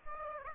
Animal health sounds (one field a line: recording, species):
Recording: mosquito wingbeat signal from an infrared sensor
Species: Aedes aegypti